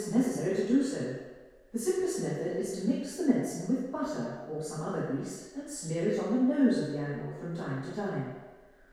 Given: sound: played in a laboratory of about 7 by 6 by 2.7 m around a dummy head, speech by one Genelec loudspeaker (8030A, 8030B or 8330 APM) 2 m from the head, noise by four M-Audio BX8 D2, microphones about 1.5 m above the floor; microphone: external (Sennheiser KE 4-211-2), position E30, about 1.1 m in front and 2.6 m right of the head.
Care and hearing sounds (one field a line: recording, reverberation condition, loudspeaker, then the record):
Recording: female speech in English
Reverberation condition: high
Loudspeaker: in front (0 degrees)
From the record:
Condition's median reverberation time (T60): about 1300 ms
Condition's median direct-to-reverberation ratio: about -4.0 dB